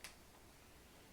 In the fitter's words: as you can hear the click